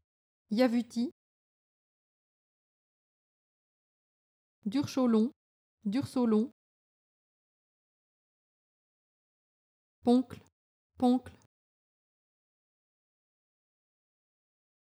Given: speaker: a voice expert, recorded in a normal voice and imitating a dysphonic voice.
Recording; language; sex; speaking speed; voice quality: pseudo-word pairs; French; female; fast speed; normal voice